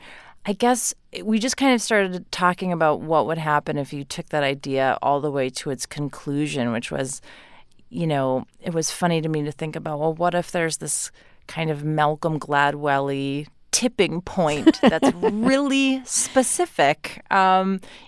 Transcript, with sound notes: And I guess we just kind of started talking about what would happen if you took that idea all the way to its conclusion, which was, you know - it was funny to me to think about - well, what if there's this kind of Malcolm Gladwell-y tipping point...
(Laughter).
...That's really specific?